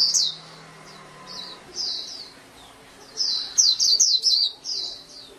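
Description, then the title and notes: Oriental magpie-robin song: loud, varied high whistled and sweeping phrases in bursts, with quieter gaps between them and a faint low hum underneath. "Kicau Kacer. kiccau"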